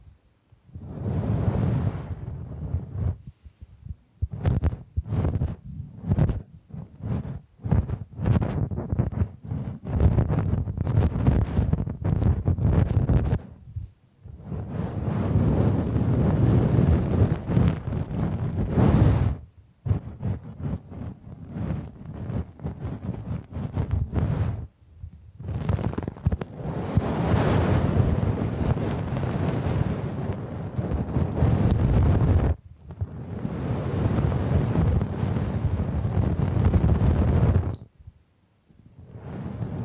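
Bamboo being tapped, scratched and brushed, in a rough, rustling stream of low, dense scraping. Quick clustered taps crowd the first fifteen seconds, then longer sweeping brush strokes follow, broken by short silent pauses near 14, 19, 25, 32 and 38 seconds.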